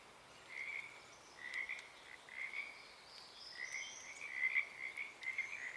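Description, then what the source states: Pacific tree frog chorus, short bursts of raspy trilled croaks that start and stop in uneven groups. Wild chorus starting and stopping, Oaks Bottom Wildlife Refuge, Portland, Oregon, USA; morning of Friday 7 April 2023; calling uncommon at that time of day.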